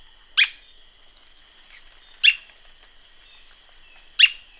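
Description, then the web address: Bird giving three brief downslurred chip notes about two seconds apart, with a constant high-pitched drone behind. "BIRD 2015 SABIOD"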